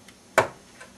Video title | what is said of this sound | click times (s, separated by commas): Remove and Install a PGA Processor-Part 2 of 2 | those plastic locking clip should lock into place | 0.4 s